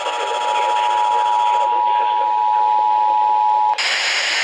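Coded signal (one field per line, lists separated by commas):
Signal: Emergency Alert System (SAME) tones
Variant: 853 and 960 Hz attention tone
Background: speech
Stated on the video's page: Monthly test received on several NWS weather radio stations and many FM broadcast stations, some in HD.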